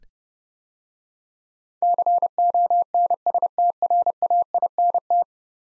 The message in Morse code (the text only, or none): CONSTRAINT